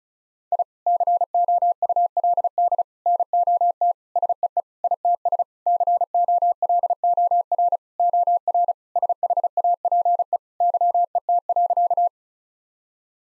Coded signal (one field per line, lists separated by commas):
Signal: Morse code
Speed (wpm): 36 wpm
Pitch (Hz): 700 Hz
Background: none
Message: I COULD NOT SEE ITS COLOR OR SHAPE YET.